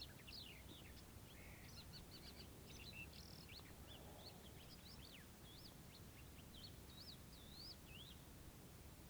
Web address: MOROCCO Desert Camp Morning Birds 2. Prismo Sound. GDC 2019-Game Audio Bundle